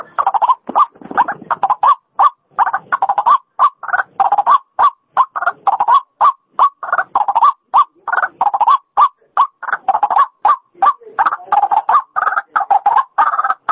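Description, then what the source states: White-breasted waterhen calling in a fast, dense run of short croaking notes, almost continuous with brief gaps, harsh and mid-pitched throughout. Female call, used as a lure sound.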